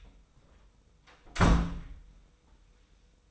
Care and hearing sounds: daily activity, microphone in the room; close door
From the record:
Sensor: 1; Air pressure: 990.4 hPa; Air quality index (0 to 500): 151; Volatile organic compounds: 1000 ppm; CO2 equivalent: 5457 ppm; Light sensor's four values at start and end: 32/74/32/34 and 33/74/32/34

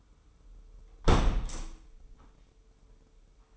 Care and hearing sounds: daily activity, microphone in the room; close window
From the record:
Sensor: 1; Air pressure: 995.8 hPa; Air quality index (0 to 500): 47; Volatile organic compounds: 1 ppm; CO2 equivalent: 851 ppm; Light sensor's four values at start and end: 31/105/40/42 and 30/104/40/41

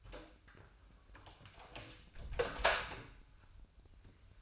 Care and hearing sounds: daily activity, microphone in the room; close door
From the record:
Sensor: 2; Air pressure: 1004.8 hPa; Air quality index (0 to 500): 73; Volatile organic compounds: 1 ppm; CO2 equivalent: 862 ppm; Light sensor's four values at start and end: 7/17/7/7 and 7/17/7/7

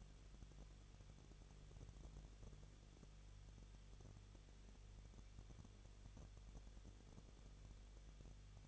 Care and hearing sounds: daily activity, microphone in the room; no activity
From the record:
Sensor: 4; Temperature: 23.1 degrees Celsius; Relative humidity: 34.2%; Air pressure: 1007.2 hPa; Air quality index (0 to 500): 215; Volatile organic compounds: 15 ppm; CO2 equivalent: 2482 ppm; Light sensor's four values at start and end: 2/3/1/1 and 2/3/1/1

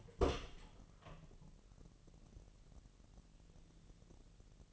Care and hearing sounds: daily activity, microphone in the room; open door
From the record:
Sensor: 4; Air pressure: 1002.1 hPa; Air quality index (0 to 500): 248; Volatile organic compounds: 41 ppm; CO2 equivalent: 3172 ppm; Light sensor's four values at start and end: 10/22/8/8 and 9/21/8/7

